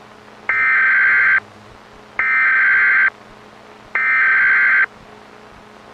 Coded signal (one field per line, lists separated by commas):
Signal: Emergency Alert System (SAME) tones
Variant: header bursts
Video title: EAS Scenario | World War III Russia Vs. NATO | Emergency Alert System | Part 1